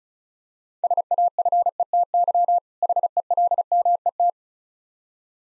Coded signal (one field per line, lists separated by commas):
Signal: Morse code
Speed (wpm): 34 wpm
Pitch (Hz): 700 Hz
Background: none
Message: SAFETY HELMET